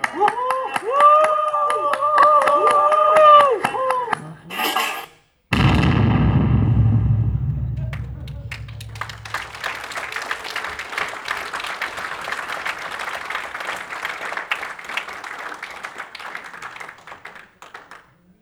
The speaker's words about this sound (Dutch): Dit was de film, daar zitten de makers. Dus ik denk dat er was al een eerste applaus, maar misschien is het wel goed om nog even de makers die het heel spannend vonden om dit filmpje te spelen. Nog even een warm applaus te geven.